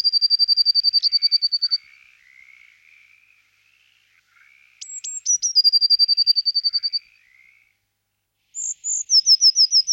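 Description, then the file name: Eurasian blue tit calls: a long high even trill, soft lower notes, then a high sweeping note leading into another trill and a brief run of falling notes. "Blamejse"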